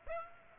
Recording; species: mosquito wingbeat signal from an infrared sensor; Aedes aegypti